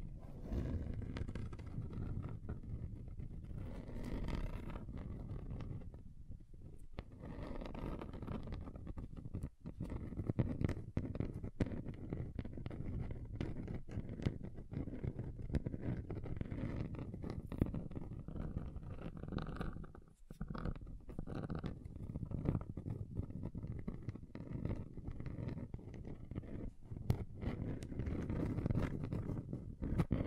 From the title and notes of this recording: ASMR Relaxing Table Scratching Different Surfaces (No Talking).